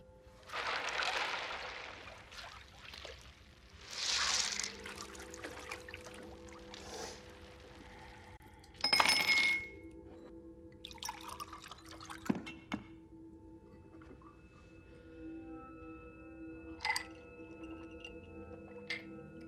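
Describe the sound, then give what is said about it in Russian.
Vodka is poured from a bottle into a glass in two short gurgling bursts, followed by a sharp, ringing clink of glass and a few softer taps, with no one speaking. “На полу бутылка водки и стакан. Девушка пьет.”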